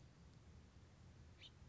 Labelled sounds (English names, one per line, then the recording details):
House Finch
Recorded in Sonoma County, California